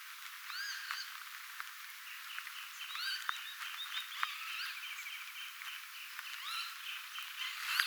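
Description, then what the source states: Northern lapwing giving several swooping, wheezy call notes, some in quick succession, amid a dense chorus of croaks, chirps and sharp clicks. Calls of a parent northern lapwing, recorded on 11 June 2025.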